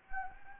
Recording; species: mosquito wingbeat signal from an infrared sensor; Anopheles gambiae